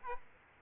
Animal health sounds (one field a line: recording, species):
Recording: mosquito wingbeat signal from an infrared sensor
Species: Aedes aegypti